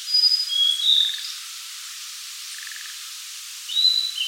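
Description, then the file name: Blue-and-white flycatcher song: two high, clear whistled phrases, the second cut off, with soft beaded trills lower down. "Cyanoptila cyanomelana"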